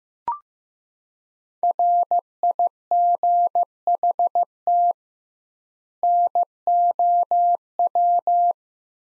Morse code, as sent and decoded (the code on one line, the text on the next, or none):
.-. .. --. .... - / -. --- .--
RIGHT NOW